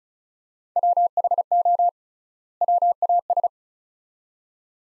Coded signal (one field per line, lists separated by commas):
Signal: Morse code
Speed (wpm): 36 wpm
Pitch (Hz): 700 Hz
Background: none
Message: WHO WAS